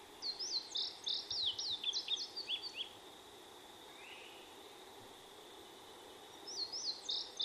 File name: indigo